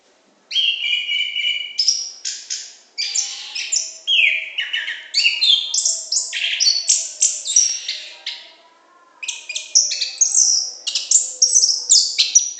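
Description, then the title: Orange-headed thrush song begins after a brief silence, then runs as rich whistles and slurred notes, with a short pause near the ninth second before resuming. Continuous, loud, open song, called gacor ngeplong in Indonesian bird-keeping terms. "Anis Kembang Gacor Ngeplong Istimewa Suara Burung"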